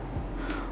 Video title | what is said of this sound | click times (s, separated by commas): i7 GAMING COMPUTER PC BUILD @ Rs 10,000 | एक click की sound भी सुन पाएंगे तो | 0.5 s